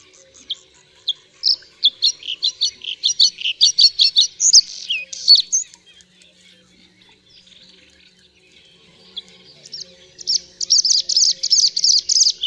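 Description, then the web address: Bluethroat song: a rapid series of varied high chirps and clicks, a pause, then a fast repeated ringing phrase of bright notes. "Ptaki Podróżniczek"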